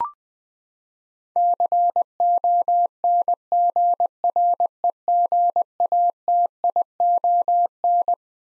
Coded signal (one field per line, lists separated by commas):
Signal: Morse code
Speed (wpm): 20 wpm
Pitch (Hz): 700 Hz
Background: none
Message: CONGREGATION